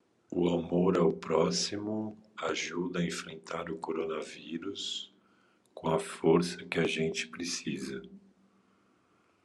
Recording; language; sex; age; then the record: spoken sentence; Brazilian Portuguese; male; 50 to 59 years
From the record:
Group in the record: control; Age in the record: 51 years